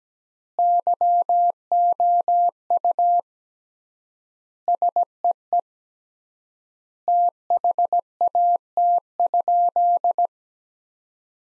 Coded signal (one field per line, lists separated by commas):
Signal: Morse code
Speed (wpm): 17 wpm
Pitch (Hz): 700 Hz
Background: none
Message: YOU SEE THAT?